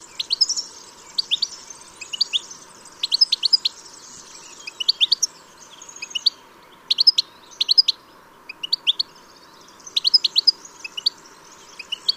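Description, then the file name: European goldfinch calls: bright, tinkling high twitters in quick clusters, repeated throughout with short pauses between bursts, over a steady hum. "Carduelis carduelis"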